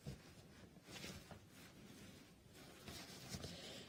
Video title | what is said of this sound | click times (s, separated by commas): Arts and Crafts with Kaffe Fassett, 13Arts, The Stitchery Dorset and more on Hochanda! | and if you do have trouble with your a that's gone lovely did you hear it clunk there | 2.9 s, 3.4 s